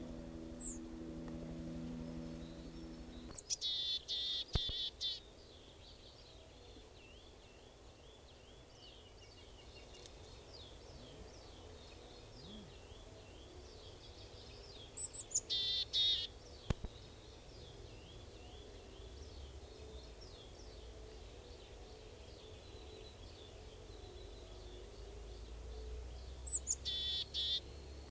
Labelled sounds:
Willow Tit alarm call
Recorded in the wild
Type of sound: alarm call
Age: adult
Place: Schloß Holte-Stukenbrock, Senne, Nordrhein-Westfalen, DE
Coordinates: 51.8667, 8.66667
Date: 1968-05-26
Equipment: Uher 4000 Report-S, Bändchenmikro Beyer M 260, Parabolspiegel Polyester (470 mm)
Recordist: Conrads, Klaus
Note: Stukenbrock, Furlbach-Gebiet. Warnen

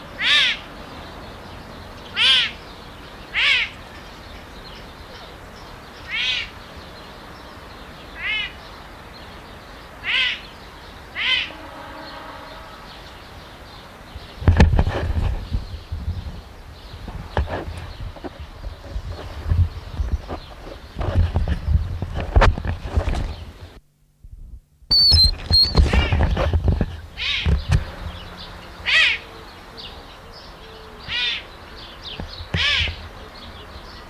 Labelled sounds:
Serval call
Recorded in captivity
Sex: female
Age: adult
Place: Zoo Halle, Sachsen-Anhalt, DE
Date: 1993-04-26 15:20
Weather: fair, 26 °C
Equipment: Sony WM-D6C, Sony ECM-939 LT, Kopie Uher Variocord 263
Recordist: Tembrock, Günter

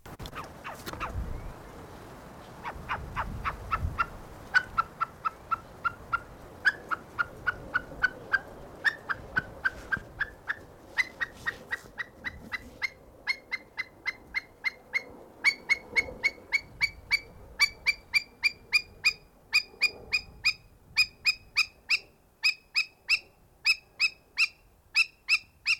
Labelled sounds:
Himalayan Monal call
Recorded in captivity
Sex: female
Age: adult
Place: Tierpark Berlin, Berlin, DE
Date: 1992-04-19 11:22
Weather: wechselnd wolkig, 8 °C, Windböen
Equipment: Nagra SN, Mikrofon AKG CK 8, Kopie Tesla B 116
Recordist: Tembrock, Günter

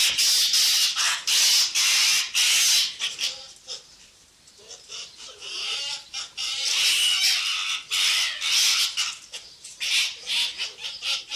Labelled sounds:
Arctic Fox
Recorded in captivity
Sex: pair
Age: adult
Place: Zoologisches Institut der HUB, Berlin, DE
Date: 1957-05-03
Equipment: Elmetra
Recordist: Tembrock, Günter

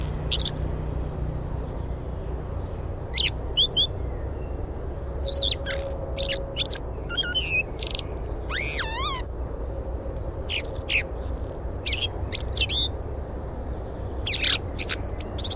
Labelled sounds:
Common Blackbird song
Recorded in the wild
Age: adult
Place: Erlangen, Bayern, DE
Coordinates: 49.6028, 10.9819
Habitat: edge of the woods
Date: 1965
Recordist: Tretzel, Erwin

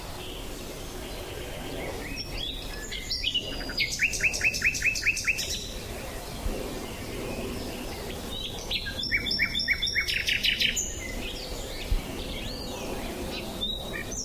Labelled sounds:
Common Nightingale song
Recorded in the wild
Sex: male
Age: adult
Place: Lübars, Berlin, DE
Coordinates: 52.6172, 13.3619
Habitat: wood
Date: 2007-04-28 13:45
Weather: sunny, 24-25°C
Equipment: Sony WM-D6C, Sennheiser ME 80
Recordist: Tembrock, Günter

